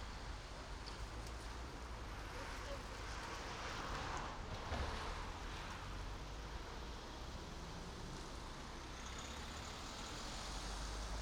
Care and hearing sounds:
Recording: everyday scene through a hearing-aid microphone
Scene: in traffic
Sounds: traffic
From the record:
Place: main road on the outskirts, rush hour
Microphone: in the ear canal, right

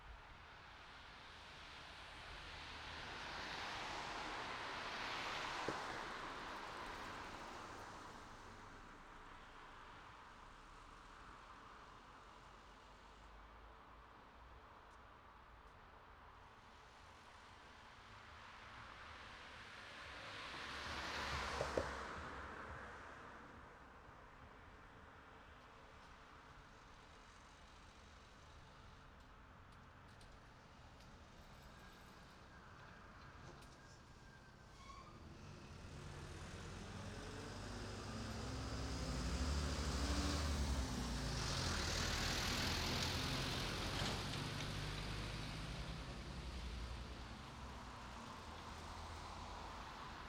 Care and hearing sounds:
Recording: everyday scene through a hearing-aid microphone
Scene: in traffic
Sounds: traffic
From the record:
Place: city secondary road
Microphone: in the ear canal, right

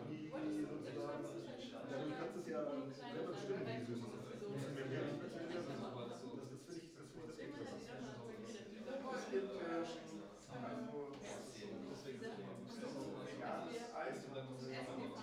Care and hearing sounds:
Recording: everyday scene through a hearing-aid microphone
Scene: many people talking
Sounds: many voices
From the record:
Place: bistro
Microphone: in the ear canal, right

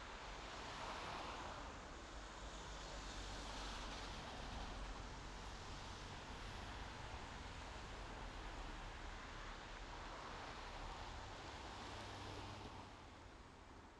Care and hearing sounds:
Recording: everyday scene through a hearing-aid microphone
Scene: in traffic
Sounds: traffic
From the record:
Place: main road on the outskirts, rush hour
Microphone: in the ear canal, left

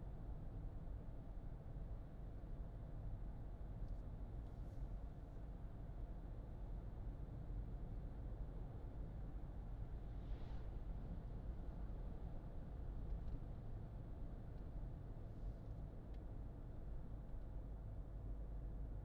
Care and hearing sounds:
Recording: everyday scene through a hearing-aid microphone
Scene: in a vehicle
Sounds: engine, highway driving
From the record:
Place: Berlingo II, diesel engine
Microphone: in the ear canal, left

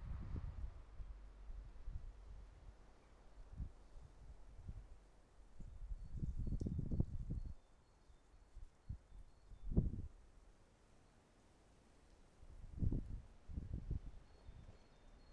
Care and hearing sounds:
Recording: everyday scene through a hearing-aid microphone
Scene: wind on the microphone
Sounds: wind, traffic, birds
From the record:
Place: suburban garden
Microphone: behind the ear, right, front

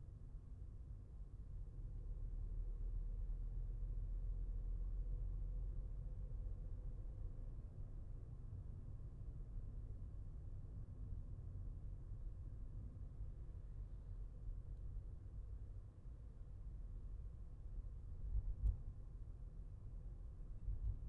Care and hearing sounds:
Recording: everyday scene through a hearing-aid microphone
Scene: in a vehicle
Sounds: engine, traffic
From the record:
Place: Skoda Fabia, gasoline engine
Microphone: behind the ear, left, rear

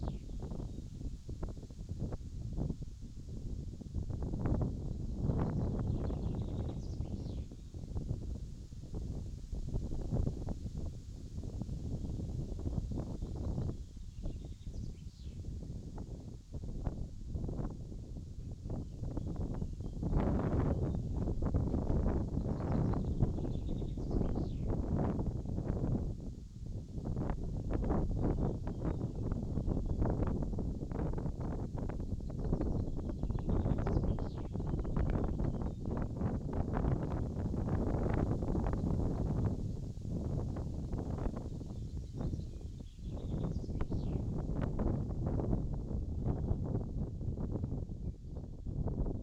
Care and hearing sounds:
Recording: everyday scene through a hearing-aid microphone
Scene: wind on the microphone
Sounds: wind, birds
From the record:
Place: in front of a rural house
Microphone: in the ear canal, left

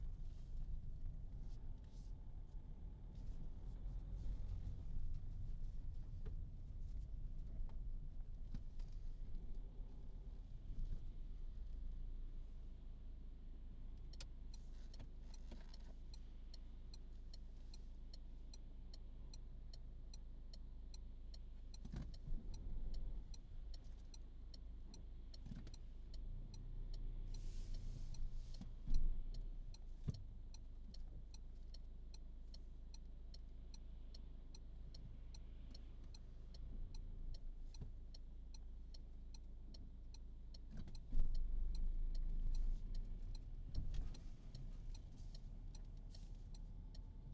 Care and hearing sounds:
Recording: everyday scene through a hearing-aid microphone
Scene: in a vehicle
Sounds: engine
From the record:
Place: Berlingo II, diesel engine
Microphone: in the ear canal, right

